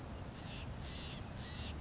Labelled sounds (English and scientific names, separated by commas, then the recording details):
California Quail (Callipepla californica)
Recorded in Sonoma County, California